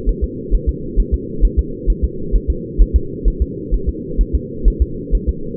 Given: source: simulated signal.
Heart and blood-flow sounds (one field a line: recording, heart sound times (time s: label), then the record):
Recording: fetal heart sounds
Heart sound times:
0.09 s: S1
0.24 s: S2
0.55 s: S1
0.69 s: S2
1.00 s: S1
1.14 s: S2
1.45 s: S1
1.59 s: S2
1.90 s: S1
2.04 s: S2
2.36 s: S1
2.50 s: S2
2.81 s: S1
2.96 s: S2
3.28 s: S1
3.42 s: S2
3.74 s: S1
3.89 s: S2
4.21 s: S1
4.35 s: S2
4.68 s: S1
4.82 s: S2
5.15 s: S1
5.29 s: S2
From the record:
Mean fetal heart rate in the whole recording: 130 bpm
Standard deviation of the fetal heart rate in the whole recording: 2 bpm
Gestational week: 36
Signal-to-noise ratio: -4.3 dB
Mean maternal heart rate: 72 bpm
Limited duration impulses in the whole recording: absent